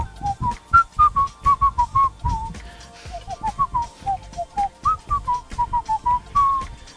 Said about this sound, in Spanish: Es que de hecho la canción inicial de eso yo la silbaba cuando era niño, me acuerdo. Sílvela otra vez. A ver, silba.